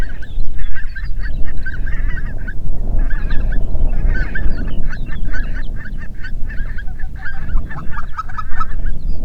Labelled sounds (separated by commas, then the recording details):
songbird, waterfowl, wind
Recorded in the Prudhoe Bay oil fields, Alaska, on 8 June 2019 at 05:22
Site 30